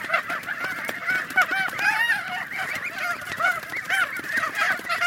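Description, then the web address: Goose flock calling continuously, many nasal honks overlapping in a steady chatter, a few sharper calls rising above the din throughout. "гуси"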